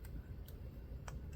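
The pop-up twist dispensing top of a plastic skincare product tube is turned back down to close it, giving small, sharp ratcheting clicks at 0.1, 0.5 and 1.1 seconds over a steady low background rumble. The top clicks back down and is seated closed.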